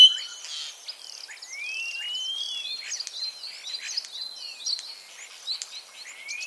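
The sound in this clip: Common starling calls: a jumble of high clicks, buzzy notes and long rising slurred whistles, with sharp ticks scattered throughout.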